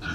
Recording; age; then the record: pig call; growing-finishing pig (85 days or more)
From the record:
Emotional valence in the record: positive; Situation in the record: run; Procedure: transit